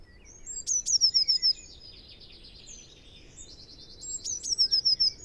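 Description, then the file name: Eurasian blue tit song: a couple of high sharp notes then a quick descending trill, given twice, with a buzzy series of other bird notes in between. "Cyanistes caeruleus"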